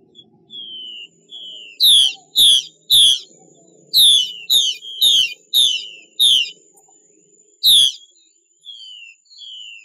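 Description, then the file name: Chinese hwamei song of loud, ringing whistled bursts in quick succession, mixed with softer falling whistles, a thin steady high tone running through. Female bird giving 'xuy' calls. "Tieng chim hoa mi mai xuy"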